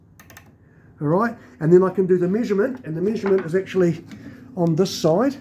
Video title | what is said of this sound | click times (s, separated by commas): Is your motor worn out? | then you basically just tighten up this until it clicks | 0.2 s, 0.3 s, 0.4 s